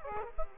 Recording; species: mosquito wingbeat signal from an infrared sensor; Aedes aegypti